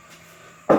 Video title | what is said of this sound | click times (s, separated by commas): Nissan Maxima Gen4 LH CV axle install | so okay i heard it pop in | 0.7 s